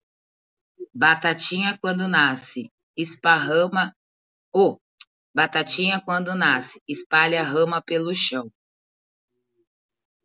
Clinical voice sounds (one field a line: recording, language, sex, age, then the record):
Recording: short text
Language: Brazilian Portuguese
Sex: female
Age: 40 to 49 years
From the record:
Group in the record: control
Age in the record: 41 years